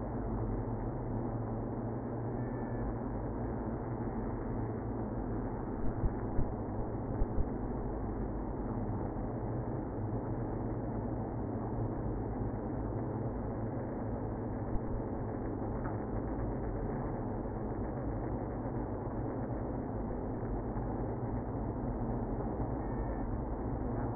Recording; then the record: honeybee colony, microphone inside the hive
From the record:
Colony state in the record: queenless (queen removed); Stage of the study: after two queens were removed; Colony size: about 60,000 bees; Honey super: yes